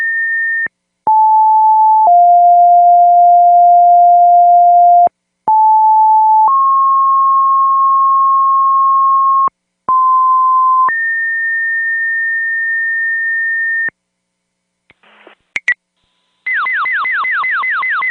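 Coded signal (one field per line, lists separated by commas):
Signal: pager alert tone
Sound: seven long steady tones changing pitch in sequence, then a harsh warbling tone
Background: warbling alert tone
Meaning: Alert for a structure fire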